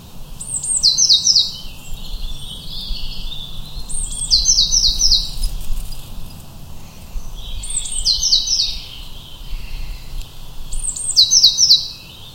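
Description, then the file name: Eurasian blue tit song: a thin high note or two followed by a quick descending trill, the phrase repeated every three to four seconds, four times, with low background rumble. "Cyanistes caeruleus"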